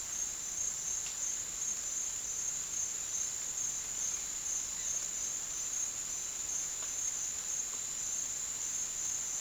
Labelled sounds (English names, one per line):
none